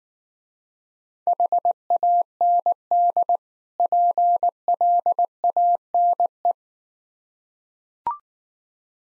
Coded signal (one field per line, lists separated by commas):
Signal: Morse code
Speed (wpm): 19 wpm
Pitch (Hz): 700 Hz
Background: none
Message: HAND PLANE